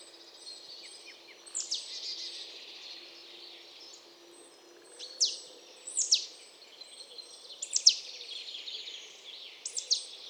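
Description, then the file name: Marsh tit calls: several sharp, high downslurred notes given singly and in pairs at uneven intervals, with a faint low hum and steady hiss behind. "Poecile palustris"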